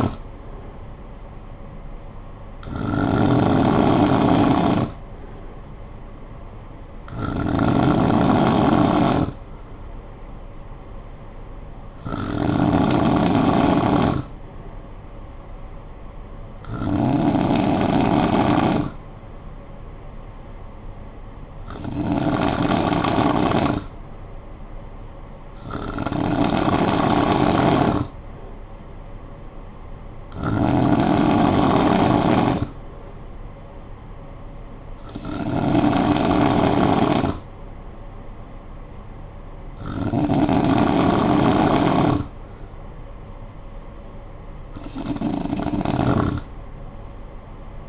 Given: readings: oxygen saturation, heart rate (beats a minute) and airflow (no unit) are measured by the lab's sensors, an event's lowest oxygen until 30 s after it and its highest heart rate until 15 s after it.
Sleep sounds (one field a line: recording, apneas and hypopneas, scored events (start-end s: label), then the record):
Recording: breathing in sleep by a smartphone at the bedside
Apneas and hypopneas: none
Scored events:
none scored
From the record:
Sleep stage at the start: N2 (light sleep)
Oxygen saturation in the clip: 92 to 94%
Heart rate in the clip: 53 to 61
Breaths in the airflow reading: 10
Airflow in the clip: -8.8 to 4.2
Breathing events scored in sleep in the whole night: 445 in 7.6 hours asleep